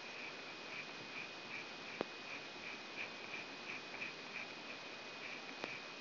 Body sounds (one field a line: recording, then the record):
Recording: brain microelectrode recording played as sound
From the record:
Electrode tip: outside the subthalamic nucleus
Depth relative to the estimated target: -8 mm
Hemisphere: left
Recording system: AlphaMap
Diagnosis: Parkinson's disease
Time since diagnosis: 9 years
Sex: male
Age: 53 years